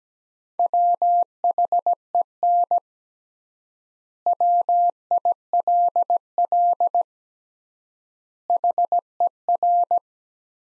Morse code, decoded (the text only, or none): WHEN WILL HER